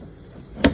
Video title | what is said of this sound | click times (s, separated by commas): U933 Jayco Conquest Motorhome Outside Demonstration - Open Road Motorhomes, Stop Dreaming…. | that slides back in like so. Listen for that click | 0.7 s